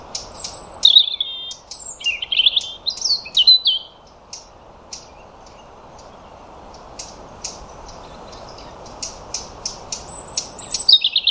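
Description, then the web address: European robin singing thin, high, tumbling phrases of rapid warbles and sliding notes, then a run of short, scattered high ticks before a final sweet warbled phrase; light background hiss. "Deverinetal 2025 File origin Bird Only Er Ru"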